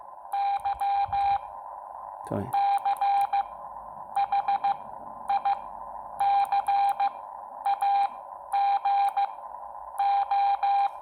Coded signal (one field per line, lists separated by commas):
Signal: Morse code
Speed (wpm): 15 wpm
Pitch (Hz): 800 Hz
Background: speech, radio noise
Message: Y CHICAGO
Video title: Morse Code Practice -Xiegu X6100 - M0FXB